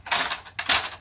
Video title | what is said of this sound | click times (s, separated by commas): My product review: Mastercraft Multitask Ladder 21' | opens up snaps | 0.6 s